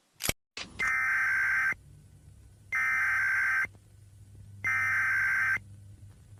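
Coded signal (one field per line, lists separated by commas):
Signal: Emergency Alert System (SAME) tones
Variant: header bursts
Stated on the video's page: Fake Emergency Alert System tones, a made-up alert rather than a real broadcast.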